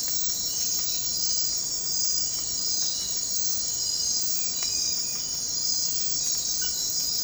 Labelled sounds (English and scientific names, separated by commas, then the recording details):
none
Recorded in secondary vegetation near Puerto Asís, Putumayo, Colombia, on 9 March 2025 at 04:30
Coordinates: 0.484, -76.319
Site G010